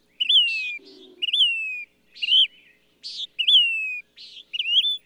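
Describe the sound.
Bird song of bright whistles sweeping up then gliding down, broken by scratchy buzzy notes; a short low grating sound early on.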